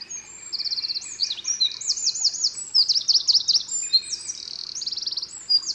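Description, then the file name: Eurasian wren song: continuous shrill trilling and quick repeated chattering phrases, bright and high, running through nearly the whole stretch. "Troglodytes troglodytes"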